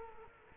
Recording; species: mosquito wingbeat signal from an infrared sensor; Culex quinquefasciatus